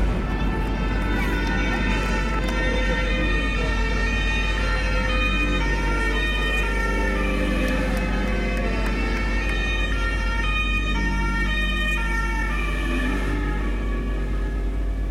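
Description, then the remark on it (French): Several sirens of gendarmerie and rescue vehicles arriving at the scene of a shooting wail together for the whole stretch, their overlapping tones rising and falling over a steady low rumble, loud and unbroken throughout. “Il est 16h lorsque les gendarmes et les secours arrivent, toutes sirènes hurlantes sur le lieu du drame.”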